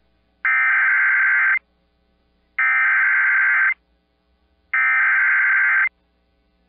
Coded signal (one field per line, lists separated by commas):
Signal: Emergency Alert System (SAME) tones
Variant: header bursts